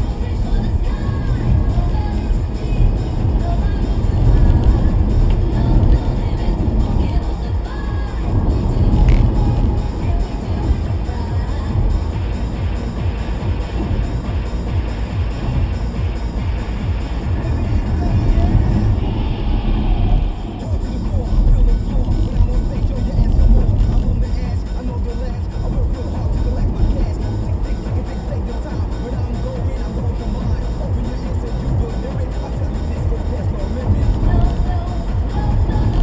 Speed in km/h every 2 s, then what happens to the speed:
71, 77, 82, 85, 89, 92, 93, 92, 85, 72, 61, 60, 66, 74, 81, 85, 92, 92.
0-13 speeds up to 93. 13-22 brakes to 60. 22-32 speeds up to 92.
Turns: none.